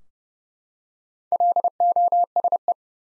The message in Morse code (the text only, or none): LOSE